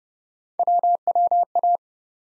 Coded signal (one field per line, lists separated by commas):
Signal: Morse code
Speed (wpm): 30 wpm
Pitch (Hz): 700 Hz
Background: none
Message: WWA